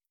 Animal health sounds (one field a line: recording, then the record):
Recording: hydrophone in a shrimp aquaculture tank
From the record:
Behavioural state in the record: starved